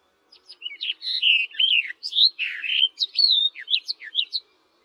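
Barred warbler song: a fast, scratchy warble of short chattering notes and brief whistled phrases, running for about four seconds without pause.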